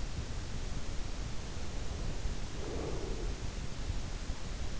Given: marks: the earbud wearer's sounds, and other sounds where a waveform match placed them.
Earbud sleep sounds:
sounds in sleep by an in-ear microphone; breath
1.79-3.60 s: breath

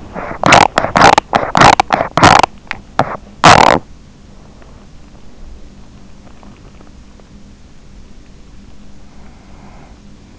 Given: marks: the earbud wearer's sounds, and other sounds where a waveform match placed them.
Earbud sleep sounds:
sounds in sleep by an in-ear microphone; teeth grinding, breath
0.00-4.22 s: teeth grinding
8.74-10.39 s: breath

